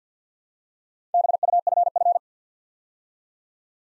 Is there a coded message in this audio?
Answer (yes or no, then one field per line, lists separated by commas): yes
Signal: Morse code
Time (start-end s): 1.1-2.2 s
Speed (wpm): 50 wpm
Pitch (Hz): 700 Hz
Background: none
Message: BUFF